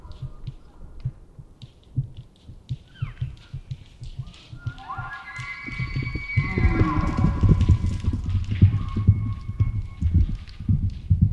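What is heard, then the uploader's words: An elk bugles in high, rising whistles around the middle while hooves thud steadily on hard ground, the herd's pounding growing louder. Wild Elk Bugle And Herd Running. Elk bugling and thunderous sounds of running on packed earth, isolated from Double mid-side soundscape original, multiple herds surround campsite in early morning hours, processed with light noise expansion Recorded in the Beautiful Pacific Northwest in Washington, Untied States.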